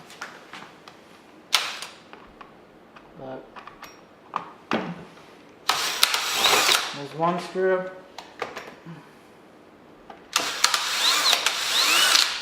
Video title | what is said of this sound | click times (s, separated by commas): Air Water Life Ionizer Review Amazon Machine Comparison | I guess that one's stripped. | none